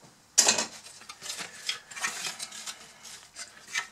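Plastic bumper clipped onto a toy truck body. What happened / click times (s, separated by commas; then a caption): The plastic clip snapped loose / 0.4 s. The plastic bumper clipped onto the body of a Bruder Dodge RAM toy truck is levered off with a single loud plastic snap at 0.4 s, releasing it. Quieter plastic handling and light tapping follow for the rest of the clip.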